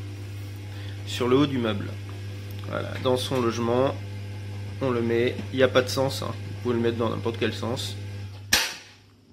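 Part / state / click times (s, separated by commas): magnet catch into its recess in the top panel of a shoe cabinet / seated / 8.5 s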